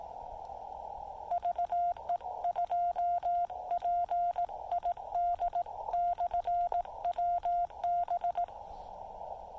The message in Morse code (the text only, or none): VE2PID/WB